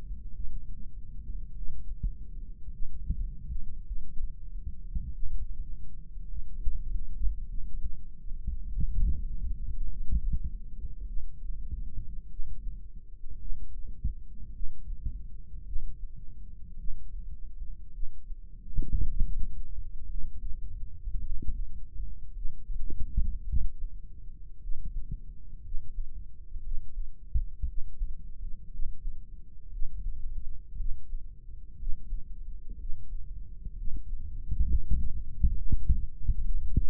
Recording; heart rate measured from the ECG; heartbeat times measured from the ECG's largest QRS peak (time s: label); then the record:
heart sounds by microphone in the right ear; 55 bpm
0.31 s: heartbeat
1.52 s: heartbeat
2.69 s: heartbeat
3.83 s: heartbeat
5.10 s: heartbeat
6.25 s: heartbeat
7.45 s: heartbeat
8.69 s: heartbeat
9.87 s: heartbeat
11.03 s: heartbeat
12.26 s: heartbeat
13.36 s: heartbeat
14.50 s: heartbeat
15.62 s: heartbeat
16.75 s: heartbeat
17.89 s: heartbeat
19.00 s: heartbeat
20.05 s: heartbeat
21.20 s: heartbeat
22.31 s: heartbeat
23.43 s: heartbeat
24.58 s: heartbeat
25.60 s: heartbeat
26.60 s: heartbeat
27.64 s: heartbeat
28.67 s: heartbeat
29.68 s: heartbeat
30.75 s: heartbeat
31.75 s: heartbeat
32.75 s: heartbeat
33.73 s: heartbeat
34.63 s: heartbeat
35.52 s: heartbeat
36.40 s: heartbeat
From the record:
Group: healthy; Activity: rest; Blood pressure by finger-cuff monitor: 88/63 mmHg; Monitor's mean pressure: 73 mmHg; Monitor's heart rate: 53 bpm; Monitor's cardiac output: 4.1 L/min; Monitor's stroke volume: 78 mL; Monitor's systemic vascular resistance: 1210 dyn s/cm5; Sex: male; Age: 20 years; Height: 187 cm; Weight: 68.9 kg